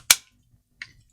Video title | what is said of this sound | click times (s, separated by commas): Sig P365 TACPAC Tabletop Review - Conceal Carry Excellence! | pretty good retention you can hear this positive click | 0.1 s